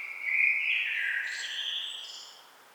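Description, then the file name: Common blackbird song phrase: a rich fluted whistle dipping and rising, then a thin twittering flourish that fades away. "Turdus merula"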